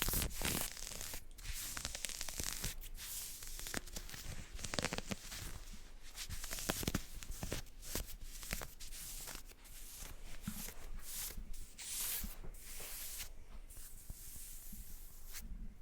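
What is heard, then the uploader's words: Fingers scratch and rub against leggings and pants fabric in a steady, busy stream of rough, hissy strokes. The scratches come quickly and irregularly, with frequent sharper swipes standing out across the whole stretch, and a faint low rumble underneath throughout. ASMR Fabric Sounds, Scratching on Leggings, Shorts, Pants.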